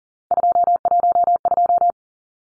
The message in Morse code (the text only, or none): 212